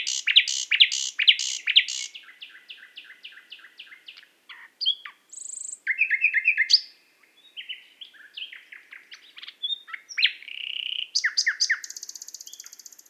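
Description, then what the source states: Nightingale song: loud rapid trills and repeated chattering phrases, then sharp buzzy notes, separated by brief pauses and a fast rattling burst at the end. Qatar.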